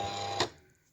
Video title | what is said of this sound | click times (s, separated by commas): Silhouette Cameo How to Load several color vinyls on the mat | so now it's locked okay my blade needs to be locked as well | 0.4 s